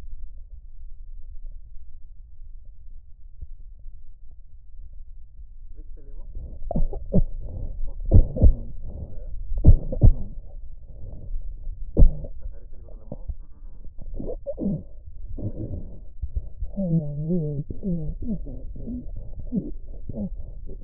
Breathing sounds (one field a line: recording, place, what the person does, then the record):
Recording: lung sounds by stethoscope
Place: left posterior apical chest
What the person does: quiet breathing, then cough and speech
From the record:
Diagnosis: interstitial lung disease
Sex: male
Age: 82 years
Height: 158 cm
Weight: 49 kg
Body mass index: 19.6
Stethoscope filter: extended mode